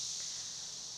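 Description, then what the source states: Cicada song: a continuous, even, high-pitched buzzing drone that holds steady throughout without breaks. Recorded on 1 June 2011.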